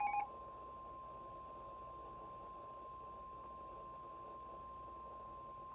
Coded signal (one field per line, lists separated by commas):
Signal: Emergency Alert System (SAME) tones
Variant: 1050 Hz attention tone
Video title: EAS Alerts From 6/29/24 (EAS #2631-2670)